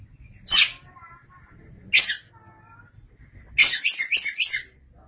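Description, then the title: Oriental magpie-robin producing two separate raspy notes, then a quick chattering burst of four harsh, buzzy elements. "Suara Kicauan Burung Kacer Durasi Panjang"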